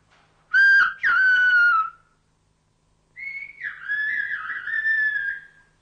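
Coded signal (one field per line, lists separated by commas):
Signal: whistled language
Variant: whistled Béarnais (Aas)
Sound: two whistled phrases, a clear gliding tone rising and falling like speech melody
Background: small room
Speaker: nous allons donc faire un certain nombre d'expériences avec les phrases que nous venons de choisir et monsieur Clément va aller dans la pièce à côté avec Monsieur mol pour faire les études et vous-même alors c'est vous qui allez siffler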